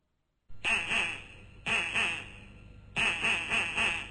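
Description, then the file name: Duck quacking in three bursts, each a run of rapid harsh nasal quacks, with short gaps between bursts. Mother duck with her ducklings. "母鸭带小鸭"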